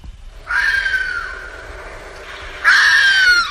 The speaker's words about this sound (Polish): To jest lis.